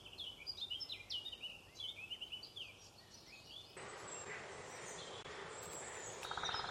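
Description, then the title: Robin warbling a fast string of high, slurred chirps for a few seconds, then only a steady rushing noise fills the rest. "Robin Birds Chirping"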